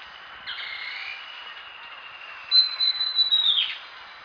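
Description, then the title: Bird giving faint whistled notes, then a louder high whistle that slides down at its end. "LuckyPassaro Completos2Sama"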